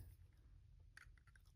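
A plastic windscreen is pried out of the cab of a 1/64 die-cast model truck, where it snaps in from the front. Over a low, steady hum, a sharp click at 0.97 s marks it releasing from its snap fit, followed by a softer tick at about 1.4 s. The windscreen comes free.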